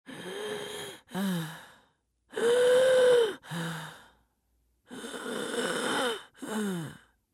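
Wheezing in an adult: three breath cycles over about seven seconds, with musical, tonal sounds on the breaths.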